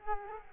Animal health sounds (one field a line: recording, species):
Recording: mosquito wingbeat signal from an infrared sensor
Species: Culex quinquefasciatus